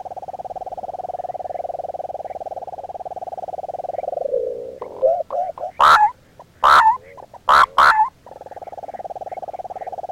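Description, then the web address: Sand-colored nighthawk giving a steady, rapidly pulsed low churr for about four seconds that sags in pitch, then several loud, harsh, nasal notes before the even churring resumes. Recorded in the eastern lowlands of South America. "ENTER Music and Audio. Nature Songs S America Eastern Lowlands. Sand-colored Nightjar"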